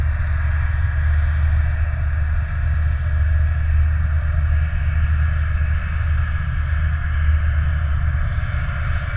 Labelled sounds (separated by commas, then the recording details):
machinery, flare stack
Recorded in the Prudhoe Bay oil fields, Alaska, on 14 July 2019 at 22:48
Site 29